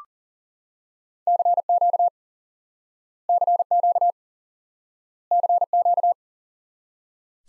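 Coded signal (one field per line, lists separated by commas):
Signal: Morse code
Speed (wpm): 40 wpm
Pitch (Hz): 700 Hz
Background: none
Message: CQ CQ CQ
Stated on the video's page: Morse lesson drilling the single QSO element "5NN" repeatedly for instant word recognition practice.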